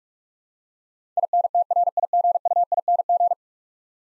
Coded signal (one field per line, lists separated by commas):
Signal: Morse code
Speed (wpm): 43 wpm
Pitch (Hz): 700 Hz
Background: none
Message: INTRIGUING